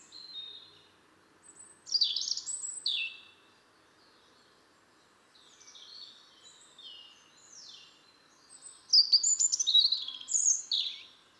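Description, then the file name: European robin singing varied high, tinkling phrases in bursts separated by pauses, with descending whistles and rapid twittering runs. "Erithacus rubecula"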